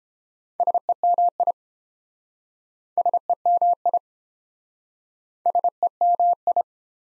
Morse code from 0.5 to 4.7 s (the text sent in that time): SEMI SEMI